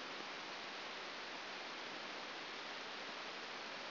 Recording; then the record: brain microelectrode recording played as sound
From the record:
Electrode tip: outside the subthalamic nucleus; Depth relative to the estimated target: -3 mm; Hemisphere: left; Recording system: AlphaMap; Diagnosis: Parkinson's disease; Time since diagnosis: 9 years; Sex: male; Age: 68 years